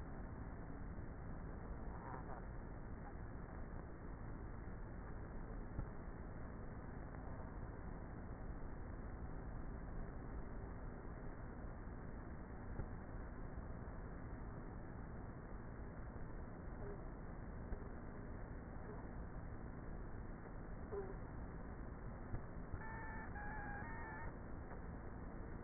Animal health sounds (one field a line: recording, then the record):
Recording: honeybee colony, microphone inside the hive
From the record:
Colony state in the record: queenless with a low population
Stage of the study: before two queens were removed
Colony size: about 30,000 bees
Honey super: no